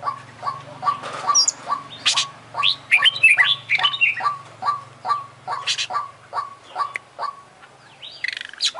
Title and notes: Kacer Juara Gacor. Kumpulan Suara Burung Masteran Pilihan